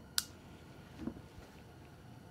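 A lever is pressed to release the tip-up barrel latch on a pocket pistol. The barrel pops open with a sharp click at 0.2 s, followed by a softer, duller sound around 1.1 s.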